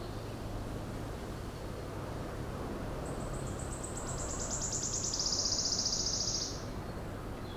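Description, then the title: Wood Warbler singing one phrase of accelerating thin notes that merge into a bright, trembling trill, with constant low traffic hum beneath. Solo singer in a soundscape on leaving a cave near Alléves, France; light wind in the foliage and road noise. "Alléves, France - Pouillot siffleur"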